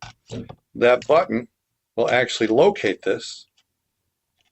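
Someone talks while handling a step counter whose button is meant to locate into a hole in a 3D printed plastic holder, so the counter won't spin while paddling, before the holder halves are snapped together. Speech fills most of the clip, followed by near silence with only a very faint tick at about 4.4 s. Nothing has seated or clicked into place yet.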